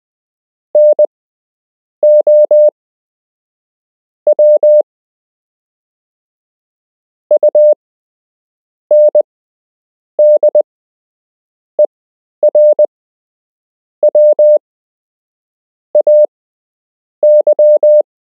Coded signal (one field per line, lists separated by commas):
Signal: Morse code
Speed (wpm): 20 wpm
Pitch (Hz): 600 Hz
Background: none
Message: NOW UNDERWAY